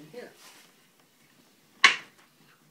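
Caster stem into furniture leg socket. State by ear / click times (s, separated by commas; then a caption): seated / 1.8 s. Someone talks briefly, then a caster stem is pushed into its leg socket on the underside of a piece of office furniture. It snaps in with one sharp, loud click at 1.8 s, and the caster is seated.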